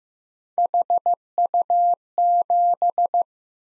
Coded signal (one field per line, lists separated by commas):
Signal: Morse code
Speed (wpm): 15 wpm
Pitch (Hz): 700 Hz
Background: none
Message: HU7